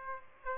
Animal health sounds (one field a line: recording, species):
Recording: mosquito wingbeat signal from an infrared sensor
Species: Aedes aegypti